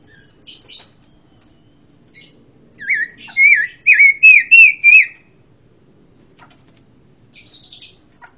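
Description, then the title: Pancawarna song: a quick run of six loud, slurred whistles, between soft buzzy chirps before and after. Song bursts called 'tembakan', praised as strong. "Pancawarna mantab tembakane"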